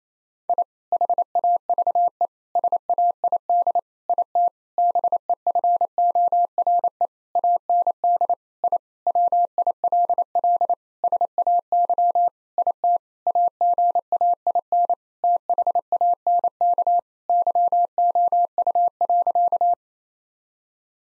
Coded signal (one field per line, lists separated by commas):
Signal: Morse code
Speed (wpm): 28 wpm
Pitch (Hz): 700 Hz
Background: none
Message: I HAVE SAID IT BEFORE AND I WILL SAY IT AGAIN THANK YOU.